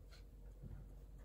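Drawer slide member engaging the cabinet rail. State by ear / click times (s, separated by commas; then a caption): not seated / none. An RV drawer is being slid back onto its new metal drawer slide, with the slide lined up on the cabinet rail and pushed along. Low, steady handling and sliding noise runs through the clip, ending in a brief sharp burst at the very end. Nothing has seated or clicked yet.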